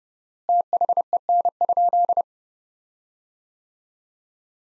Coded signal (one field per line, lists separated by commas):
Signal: Morse code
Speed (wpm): 30 wpm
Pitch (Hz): 700 Hz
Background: none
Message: THEN?